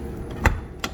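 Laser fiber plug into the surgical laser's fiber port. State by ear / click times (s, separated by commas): seated / 0.5 s, 0.8 s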